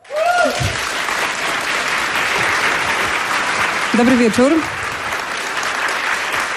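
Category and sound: crowd, audience applause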